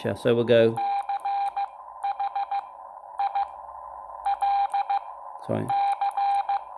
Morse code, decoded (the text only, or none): CHI LC